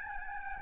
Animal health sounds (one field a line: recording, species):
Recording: mosquito wingbeat signal from an infrared sensor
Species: Aedes albopictus